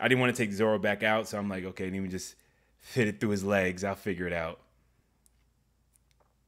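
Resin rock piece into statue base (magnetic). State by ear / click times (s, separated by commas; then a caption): seated / 5.3 s. Someone talks while a small resin rock piece of a collectible statue is fed through the figure's legs toward its spot on the base. At 5.3 s a short, faint click is heard as the piece snaps into place, held by a magnet, followed by two fainter ticks near 6.0 and 6.1 s. The rock piece is seated.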